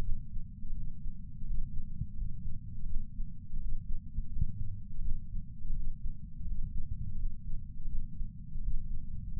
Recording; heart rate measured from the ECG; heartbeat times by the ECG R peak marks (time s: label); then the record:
heart sounds by patch sensor on the chest; 84 bpm
0.02 s: heartbeat
0.73 s: heartbeat
1.43 s: heartbeat
2.15 s: heartbeat
2.86 s: heartbeat
3.58 s: heartbeat
4.29 s: heartbeat
5.01 s: heartbeat
5.73 s: heartbeat
6.44 s: heartbeat
7.16 s: heartbeat
7.88 s: heartbeat
8.59 s: heartbeat
9.31 s: heartbeat
From the record:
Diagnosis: coronary artery disease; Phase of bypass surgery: postoperative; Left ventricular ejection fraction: 60.1%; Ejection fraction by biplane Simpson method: 55.9%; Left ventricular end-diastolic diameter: 44 mm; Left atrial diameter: 30 mm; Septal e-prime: 4.8 cm/s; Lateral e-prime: 11.2 cm/s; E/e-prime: 10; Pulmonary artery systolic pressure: 23 mmHg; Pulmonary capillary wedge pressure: 10 mmHg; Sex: male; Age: 75 years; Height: 167 cm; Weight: 58 kg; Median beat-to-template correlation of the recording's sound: 0.77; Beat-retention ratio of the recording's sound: 1.00